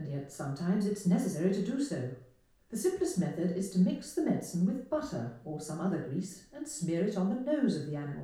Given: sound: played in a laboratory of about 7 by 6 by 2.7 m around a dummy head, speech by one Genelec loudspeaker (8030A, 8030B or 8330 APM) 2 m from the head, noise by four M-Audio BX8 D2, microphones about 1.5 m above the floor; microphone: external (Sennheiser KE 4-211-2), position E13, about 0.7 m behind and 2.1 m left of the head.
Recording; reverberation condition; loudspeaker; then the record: female speech in English; medium; 60 degrees to the left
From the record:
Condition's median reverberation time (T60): about 510 ms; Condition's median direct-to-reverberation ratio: about -0.5 dB